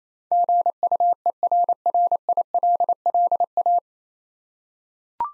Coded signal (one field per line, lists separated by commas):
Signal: Morse code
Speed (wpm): 27 wpm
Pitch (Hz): 700 Hz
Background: none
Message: GUERRILLA